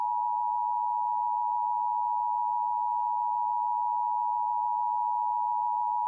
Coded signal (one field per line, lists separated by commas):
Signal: Emergency Alert System (SAME) tones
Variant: 853 and 960 Hz attention tone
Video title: KCRG 2017 National Periodic Test (EAS #363)